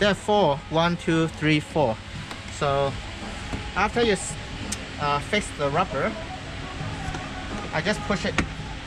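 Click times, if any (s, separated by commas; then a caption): none. Someone talks while a rubber trim strip is handled by hand onto the four fitted clips of a Tesla Model 3/Y tailgate during a foot-activation kit installation. The strip is being readied to be pushed back into place, but nothing has seated or clicked yet.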